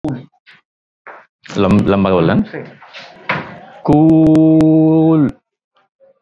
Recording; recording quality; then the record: sustained vowel as in boot; moderate, slight background noise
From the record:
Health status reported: respiratory illness, not identified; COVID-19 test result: negative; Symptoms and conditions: cough, chronic lung disease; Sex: male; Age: 48 years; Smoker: not ticked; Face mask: not worn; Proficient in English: yes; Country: India